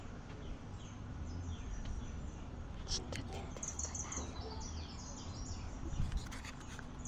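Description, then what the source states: Bird song, a short run of thin high chirps around the middle, with a continuous low background rumble throughout. Recorded in a school yard.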